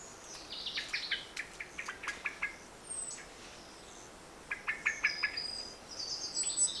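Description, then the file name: Eurasian blackbird calling in quick runs of hard, clicking notes, two bursts separated by a pause, while other birds add high thin whistles. "Turdus merula"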